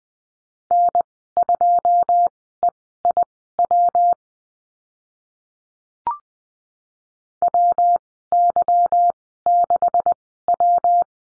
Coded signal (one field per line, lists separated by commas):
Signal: Morse code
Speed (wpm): 20 wpm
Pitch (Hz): 700 Hz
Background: none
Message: N2EIW WY6W